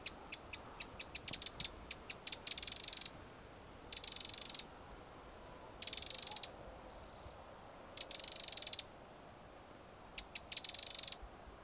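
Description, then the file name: Eurasian wren calling with a quick run of sharp ticks that speed into a churring rattle, followed by four more dry rattles spaced roughly two seconds apart. "Troglodytes troglodytes"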